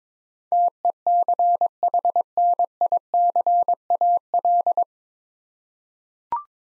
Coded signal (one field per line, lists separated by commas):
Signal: Morse code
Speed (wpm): 22 wpm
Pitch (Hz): 700 Hz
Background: none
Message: TECHNICAL